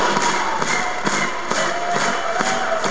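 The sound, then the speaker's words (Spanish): A crowd claps together in a steady rhythm to a count of four, the men clapping louder than the women, sharp unison beats roughly twice a second over a continuous wash of scattered hand claps and crowd noise. “Aplauden bien rico, pero los machines más fuerte.”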